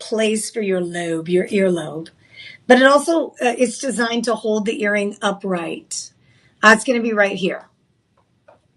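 A tanzanite earring with a saddle back (lever back) post is handled while someone talks about its hinged metal back closing onto the post. Speech fills most of the clip, with only faint small ticks near the end at about 8.2 and 8.5 seconds. Nothing has seated or snapped shut yet.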